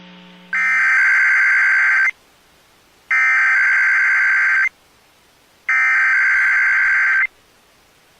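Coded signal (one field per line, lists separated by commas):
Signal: Emergency Alert System (SAME) tones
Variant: header bursts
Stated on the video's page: Live stream.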